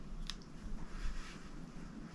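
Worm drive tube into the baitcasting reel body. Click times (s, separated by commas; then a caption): 0.3 s. The end of the metal worm drive tube on a Lew's Mach Crush baitcasting reel, already passed through the level wind guide, is pushed into its matching hole on the far side of the reel body during reassembly. A sharp, bright click at 0.3 s shows the tube seating into place, followed by a fainter tick at 0.4 s. Quiet handling noise continues after that.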